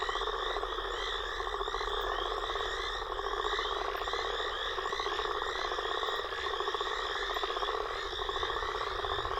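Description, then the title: Frogs and toads: frog and toad chorus: rapid rising chirps stacked over steady pulsed trilling, many animals calling at once without pause. Frog and toad chorus recorded after a storm. "Frog And Toad Chorus Post Storm With Thunder"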